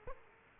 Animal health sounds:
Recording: mosquito wingbeat signal from an infrared sensor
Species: Aedes aegypti

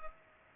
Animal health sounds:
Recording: mosquito wingbeat signal from an infrared sensor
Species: Culex pipiens

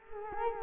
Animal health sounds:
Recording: mosquito wingbeat signal from an infrared sensor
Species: Culex quinquefasciatus

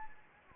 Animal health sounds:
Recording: mosquito wingbeat signal from an infrared sensor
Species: Anopheles gambiae

